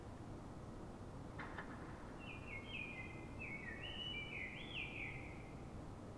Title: Pl. de Francisco Escolar, 10, 28944 Fuenlabrada, Madrid, España - Sonido Reclamo de Mirlo